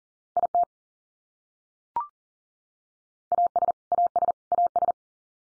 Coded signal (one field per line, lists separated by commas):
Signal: Morse code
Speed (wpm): 40 wpm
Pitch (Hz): 700 Hz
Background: none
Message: IT AS AS AS